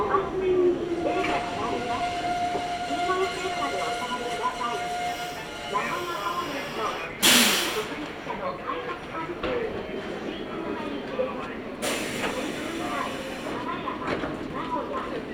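A ride on the Nagoya Railroad Mikawa Line between Chiryu and Hekinan, with a steady low rumble of the train throughout. Voices murmur over it, a brief tone sounds early on, and sharp hissing bursts break in near seven seconds and again around twelve.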